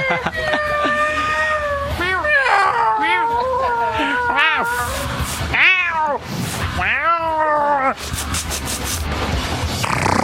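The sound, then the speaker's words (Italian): Kittens meow over and over in high, rising-and-falling cries, several overlapping in quick succession, with bursts of scratchy noise toward the end. “E quale migliore rassegna se non quella dei gattini? Gattini pucciosi, sì, e pelosi.”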